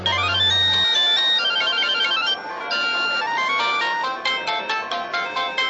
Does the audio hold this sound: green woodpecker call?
no